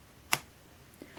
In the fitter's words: donc c'est avec un tournevis classique dès que vous entendez le petit clic écoutez bien voilà